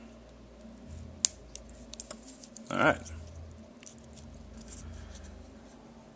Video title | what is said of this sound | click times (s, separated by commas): Vornado Modding | snap the rest of it in place | 1.2 s